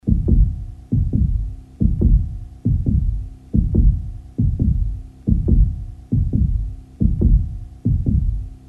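Deep, booming paired thumps, lub-dub, repeat in a steady rhythm at about 69 beats a minute. Each beat rings out low and heavy, with a faint steady hum underneath. A plain, regular heartbeat.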